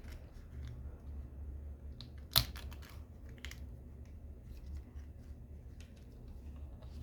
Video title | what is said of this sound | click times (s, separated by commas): UPGRADE ALERT! 2024 Asus TUF A15 RAM and SSD Upgrade Made Easy | and then push it down once you hear a slight click then it's in for | 2.4 s